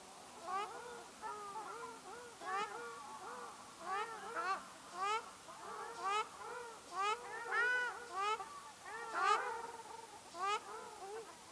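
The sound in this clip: Ruddy shelduck nasal honks, repeated steadily throughout.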